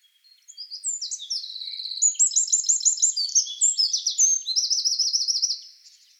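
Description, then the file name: Eurasian wren song, a long sequence of shrill rapid trills and chattering notes, sustained for about five seconds. "Troglodytes troglodytes"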